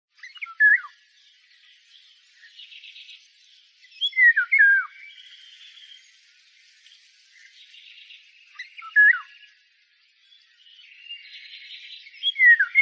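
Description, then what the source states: Golden oriole singing short fluty whistled phrases that dip and fall, repeated every few seconds, with fainter scratchy sounds between them. Fluty, fairy-tale-like song heard in May from the treetops; yellow-and-black bird arrives in the Netherlands from tropical Africa in May; sound from the Bird Sounds Europe app.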